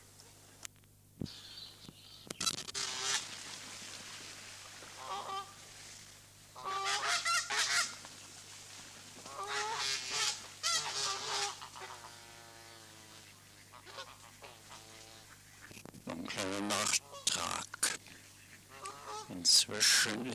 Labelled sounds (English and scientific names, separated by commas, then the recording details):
Greylag Goose (Anser anser) call
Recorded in captivity
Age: adult
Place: Vogelpark Niendorf, Schleswig-Holstein, DE
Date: 2006-09-28 12:45
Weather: sunny, 24°C
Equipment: Grundig CR 110, Sennheiser ME 80, Kopie Uher 4000 Report Monitor
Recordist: Tembrock, Günter